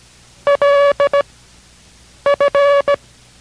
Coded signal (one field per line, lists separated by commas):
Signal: Morse code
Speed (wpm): 17 wpm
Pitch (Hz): 570 Hz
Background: none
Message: L F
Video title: K6RAU Morse Code Course - 07 / BJ